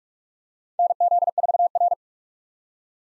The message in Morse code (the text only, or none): NZ4R